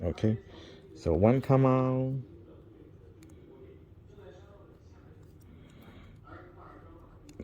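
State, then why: Not seated. Someone talks briefly while working a plastic 6-pin wire connector in a YUME scooter display harness, making a second try at unlocking and pulling it free. Only faint, quiet handling ticks follow. The connector has not released or clicked yet, so it gets pushed back in to try again.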